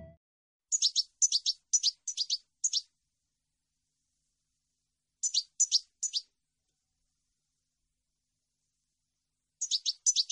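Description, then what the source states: European goldfinch phrases: short bursts of high, tinkling notes in clusters, separated by long silences. Clean goldfinch song recording made for copying, meant for song training of birds.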